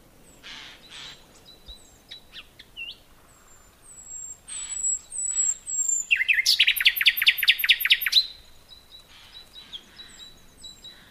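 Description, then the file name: Common nightingale song: scattered whistles and clicks build into a loud, rapid, rattling burst of repeated notes, then soft high whistles resume. "Luscinia megarhynchos"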